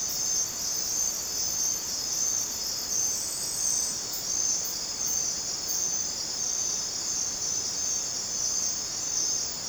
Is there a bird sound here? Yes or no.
no